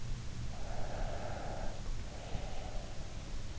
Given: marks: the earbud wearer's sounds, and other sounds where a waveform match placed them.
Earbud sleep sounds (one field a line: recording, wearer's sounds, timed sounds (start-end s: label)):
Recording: sounds in sleep by an in-ear microphone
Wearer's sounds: breath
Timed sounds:
0.49-3.07 s: breath